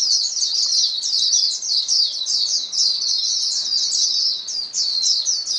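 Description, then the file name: Many white-eyes twitter together, high, fast, sweet notes overlapping in a constant chattering chorus. Many white-eyes singing together as a chorus; known locally as pleci. "paduan suara pleci"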